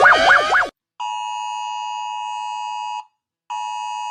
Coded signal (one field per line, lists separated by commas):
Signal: Emergency Alert System (SAME) tones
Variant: 853 and 960 Hz attention tone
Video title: Rating EAS alarms 🚨